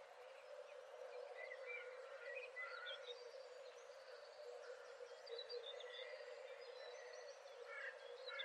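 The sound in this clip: Birds calling in an overlapping chorus of short chirps and whistles scattered throughout, over a steady background hiss.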